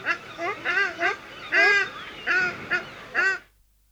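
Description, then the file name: Ruddy shelduck honks, a quick run of about eight nasal, arched notes, a few longer and louder, ending abruptly in silence. Recorded at a zoo in the Netherlands. "Artis, casarca - Sound Cloud - Beeld en Geluid"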